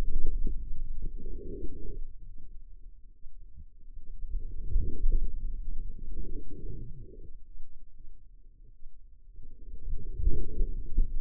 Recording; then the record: forearm muscle sounds (acoustic myography)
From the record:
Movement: outward rotation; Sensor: system 2, bracelet of six BSWA MPA416 microphones around the upper forearm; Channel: 5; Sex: female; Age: 25 years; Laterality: right